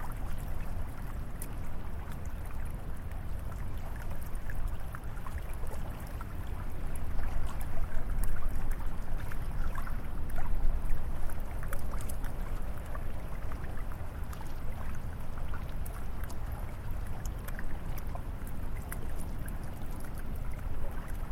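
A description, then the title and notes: Water laps steadily against a low, continuous wind rumble, with soft crackling pops scattered throughout. The sound swells a little between about seven and thirteen seconds, then settles back to an even, dense wash with frequent tiny snaps on top. ICY LAGOON AMBIENT. A calming sound of a lapping wave, a gentle breeze, and a soft crackling fire.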